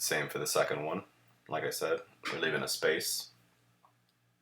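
Someone talks while handling a second DDR4 RAM module toward a motherboard DIMM slot, leaving one slot empty between the modules. Speech fills most of the clip, followed by near silence with a faint tick at about 3.9 s. Nothing has seated or clicked yet.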